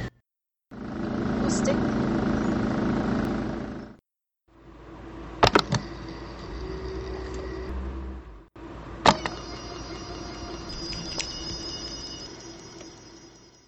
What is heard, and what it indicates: Sounds from a platelets donation at the American Red Cross's New River Valley Donor Center in Blacksburg, Virginia. The machine separating blood components and recirculating fluid to the patient.